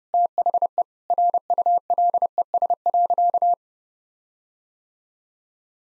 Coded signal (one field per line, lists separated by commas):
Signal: Morse code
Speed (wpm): 30 wpm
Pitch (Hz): 700 Hz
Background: none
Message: THE RULES.